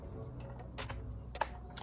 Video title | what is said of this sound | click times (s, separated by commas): How to Upgrade a Toshiba C50-A Laptop! Upgrade CPU RAM and SSD for just 50$ - Tutorial | it there and then you press it so until it clicks and now boom eight gigs of ram now for the ssd | 1.4 s